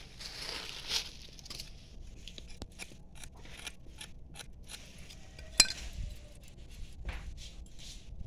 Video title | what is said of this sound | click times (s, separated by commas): ວິທີດັດແປງກັບດັກຫນູໃຫ້ເປັນກັບດັກນົກ.วิธีดัดแปงกับดักหนูให้เป็นกับดักนกแบบง่ายๆละเอียด#กับดักหนู | เรียบร้อยนี่เข้าล็อกอเนาะมี | 5.6 s